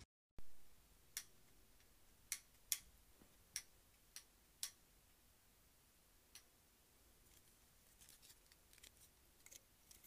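Hair clips snap and click in a quiet stretch, with sharp bright clicks spaced irregularly through the first five seconds and another around six seconds. After eight seconds softer, quicker little clicks cluster together over a faint steady hiss.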